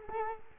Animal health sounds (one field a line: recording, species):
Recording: mosquito wingbeat signal from an infrared sensor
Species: Culex quinquefasciatus